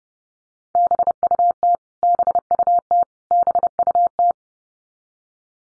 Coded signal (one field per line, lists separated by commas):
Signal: Morse code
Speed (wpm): 30 wpm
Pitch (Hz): 700 Hz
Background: none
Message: BUT BUT BUT